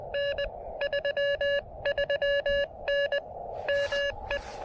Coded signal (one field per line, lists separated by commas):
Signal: Morse code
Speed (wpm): 20 wpm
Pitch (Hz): 590 Hz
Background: none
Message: N 33N ME